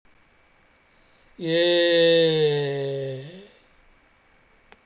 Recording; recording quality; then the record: sustained vowel as in made; excellent, no background noise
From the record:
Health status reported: healthy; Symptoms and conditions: none ticked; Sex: male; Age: 42 years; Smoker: not ticked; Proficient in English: no